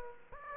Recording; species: mosquito wingbeat signal from an infrared sensor; Aedes aegypti